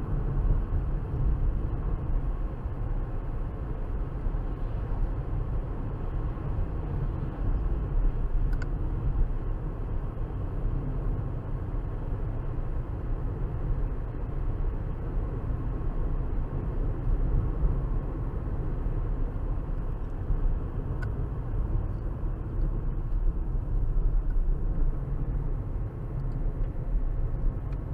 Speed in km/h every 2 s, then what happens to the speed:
81, 79, 81, 79, 74, 72, 74, 74, 74, 74, 69, 63, 60, 58.
0-7 steady at about 79. 7-9 brakes to 72. 9-19 steady at about 74. 19-28 slows to 58.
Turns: none.